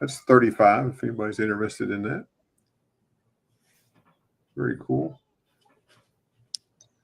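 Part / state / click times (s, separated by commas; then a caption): small collectible piece into its holder or mount / seated / 6.6 s. Someone talks, then a small collectible piece is pressed into its holder or mount. A sharp click at 6.6 s is followed by a faint tick at 6.8 s, and the piece snaps in and is seated.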